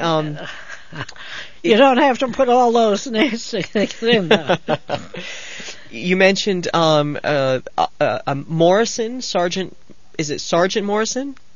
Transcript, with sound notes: You don't have to put all those nasty things in there. (laughs)
You mentioned a Morrison, Sergeant, is it Sergeant Morrison?